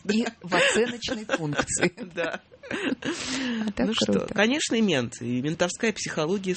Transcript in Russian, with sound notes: И в оценочный пункт. (Смеётся) Ну что? Конечно, мент, и ментовская психология.